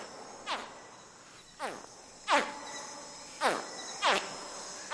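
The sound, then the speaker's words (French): Six sharp, downward-sweeping chirps from baby crocodilians, probably yacare caiman, spaced irregularly about a second apart, standing out over a steady, high-pitched insect drone with no talking. “Ouais, ça, ce sont des cris de bébés crocodiliens.”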